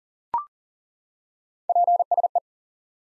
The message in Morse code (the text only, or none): PSE